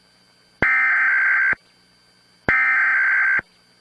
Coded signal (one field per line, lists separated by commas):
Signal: Emergency Alert System (SAME) tones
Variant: header bursts